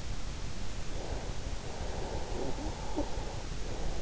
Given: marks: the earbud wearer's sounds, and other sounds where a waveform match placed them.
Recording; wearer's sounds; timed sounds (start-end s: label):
sounds in sleep by an in-ear microphone; breath
1.67-3.28 s: breath